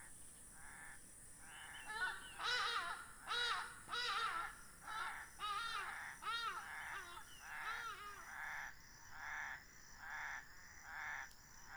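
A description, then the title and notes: Recorded at Mmabolela Reserve in Limpopo, South Africa, a run of harsh, nasal, croaking calls repeats about twice a second. The calls are loudest between two and seven seconds, then continue more softly to the end over a faint, steady high hiss. Sonic Mmabolela 2018. Mmabolela Reserve, Limpopo, South Africa.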